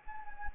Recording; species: mosquito wingbeat signal from an infrared sensor; Anopheles arabiensis